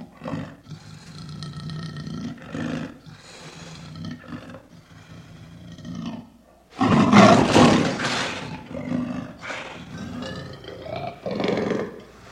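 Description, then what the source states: Leopard growling and roaring in deep, rasping bursts, with a loud harsh roar just after the middle followed by further rumbling growls. Caged leopard, roaring and growling.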